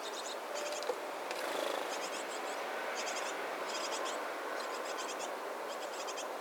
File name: Parus major